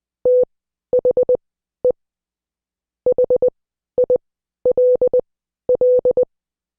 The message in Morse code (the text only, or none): THE HILL